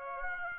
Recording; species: mosquito wingbeat signal from an infrared sensor; Aedes aegypti